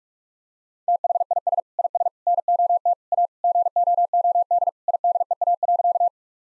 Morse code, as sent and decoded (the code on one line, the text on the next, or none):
- .... .. ... / .. ... / -. --- - / .- / --. --- --- -.. / .. -.. . .- .-.-.-
THIS IS NOT A GOOD IDEA.